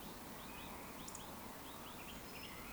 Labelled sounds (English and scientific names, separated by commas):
Eurasian Woodcock (Scolopax rusticola)